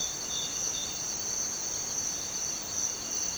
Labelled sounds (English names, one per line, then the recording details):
none
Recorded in dense forest near Puerto Asís, Putumayo, Colombia, on 29 June 2025 at 06:00
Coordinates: 0.484, -76.317
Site G045